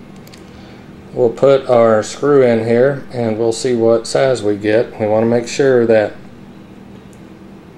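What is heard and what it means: A threaded screw is placed between the anvils of a thread micrometer and lined up so it goes through straight, with only faint handling sounds around someone talking. The thimble has not been closed and the ratchet has not clicked yet.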